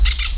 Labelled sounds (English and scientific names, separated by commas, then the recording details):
Brown-throated Parakeet (Eupsittula pertinax) contact call
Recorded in Venezuela
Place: Hato Matapalo, Bolívar
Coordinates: 7.356, -61.542